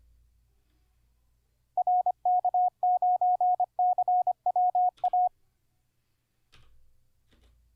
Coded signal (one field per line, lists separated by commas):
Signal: Morse code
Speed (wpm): 24 wpm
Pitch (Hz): 720 Hz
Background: none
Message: RK9CWA